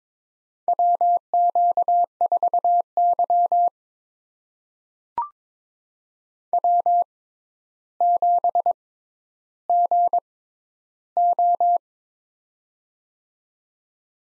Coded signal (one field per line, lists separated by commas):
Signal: Morse code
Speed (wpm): 22 wpm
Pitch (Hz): 700 Hz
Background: none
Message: WQ4Y W7GO